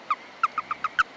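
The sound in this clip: Toad calling in a quick series of six short, clear notes, the first set apart from the rest, with a faint steady high whine in the background.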